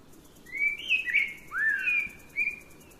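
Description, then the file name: Eurasian blackbird song: a series of clear fluty whistles, one swooping up then down, with a short final whistle, over faint low background noise. "Turdus merula"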